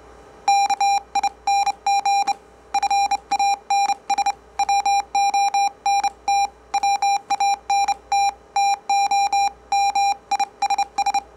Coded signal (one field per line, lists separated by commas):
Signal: Morse code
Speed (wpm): 29 wpm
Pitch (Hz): 800 Hz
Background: none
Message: KING FANS WONT WANT TO MISS